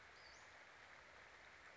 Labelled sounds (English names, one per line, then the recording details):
Western Flycatcher
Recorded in Sonoma County, California